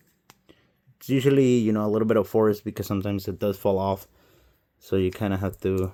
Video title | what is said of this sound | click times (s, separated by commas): BAF The Great Khali Royal Rumble 2025 Full Review!! | This is the right side, and pop it in there. | 0.3 s